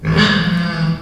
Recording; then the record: squeal of a Yucatan mini pig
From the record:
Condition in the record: after surgery on the right vocal fold (resection and tissue-engineered implant); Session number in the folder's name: 16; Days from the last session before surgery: 183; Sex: female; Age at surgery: 19 weeks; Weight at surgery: 25 kg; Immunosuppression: prednisolone